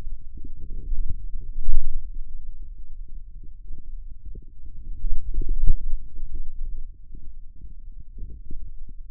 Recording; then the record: forearm muscle sounds (acoustic myography)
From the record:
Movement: wrist extension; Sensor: system 2, bracelet of six BSWA MPA416 microphones around the upper forearm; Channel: 6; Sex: male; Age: 22 years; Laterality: right